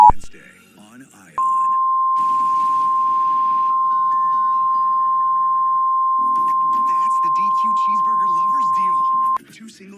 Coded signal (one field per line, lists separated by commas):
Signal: Emergency Alert System (SAME) tones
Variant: 853 and 960 Hz attention tone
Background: speech